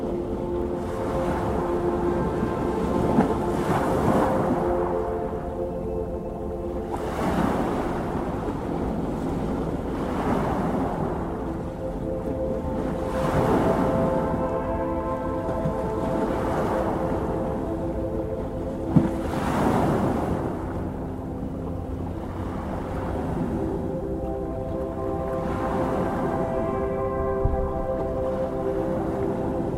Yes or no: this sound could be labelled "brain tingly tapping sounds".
no